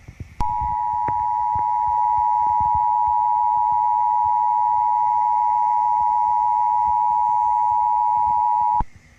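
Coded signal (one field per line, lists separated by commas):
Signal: Emergency Alert System (SAME) tones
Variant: 853 and 960 Hz attention tone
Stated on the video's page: Fictional EAS alert about a virus outbreak, simulated.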